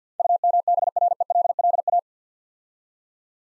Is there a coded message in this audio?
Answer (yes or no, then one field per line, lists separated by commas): yes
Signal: Morse code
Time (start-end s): 0.2-2.0 s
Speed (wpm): 51 wpm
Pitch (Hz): 700 Hz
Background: none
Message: UMBRELLA